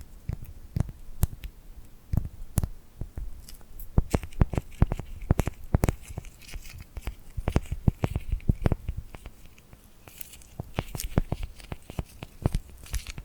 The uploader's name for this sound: Tingly Glued Hand Sounds